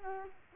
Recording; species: mosquito wingbeat signal from an infrared sensor; Culex quinquefasciatus